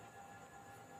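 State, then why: Not seated. The plastic lid of a makeup contour compact is being worked shut by hand. Only a steady hiss with faint constant tones is heard, with no sharp sound. Nothing has seated or clicked yet.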